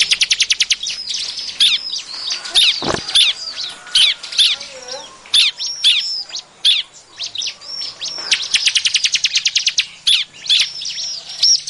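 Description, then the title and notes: Bar-winged prinia chirping: quick bursts of high ticks mixed with slurred whistled notes. Lure calls used to attract other birds. "BURUNG CIBLEK MANCING LAINNYA. Suara Ciblek Pikat"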